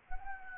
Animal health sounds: mosquito wingbeat signal from an infrared sensor; Anopheles gambiae

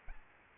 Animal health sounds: mosquito wingbeat signal from an infrared sensor; Aedes albopictus

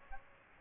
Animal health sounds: mosquito wingbeat signal from an infrared sensor; Aedes aegypti

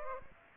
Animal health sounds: mosquito wingbeat signal from an infrared sensor; Aedes aegypti

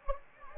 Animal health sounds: mosquito wingbeat signal from an infrared sensor; Anopheles gambiae

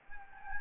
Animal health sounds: mosquito wingbeat signal from an infrared sensor; Anopheles gambiae

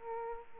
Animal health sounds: mosquito wingbeat signal from an infrared sensor; Aedes aegypti

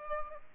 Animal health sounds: mosquito wingbeat signal from an infrared sensor; Aedes albopictus

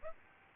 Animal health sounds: mosquito wingbeat signal from an infrared sensor; Aedes albopictus

